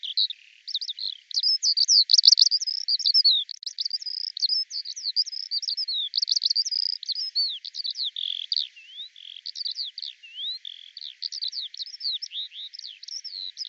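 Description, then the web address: Eurasian skylark singing a long, tumbling chain of high chirps, trills and quick slurs, loudest early on and then steady throughout. "Deverinetal 2025 Bird Al Ar"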